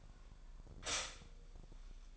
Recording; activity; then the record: daily activity, microphone in the room; stop toaster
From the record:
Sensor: 5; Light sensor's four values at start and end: 33/108/40/41 and 33/108/40/41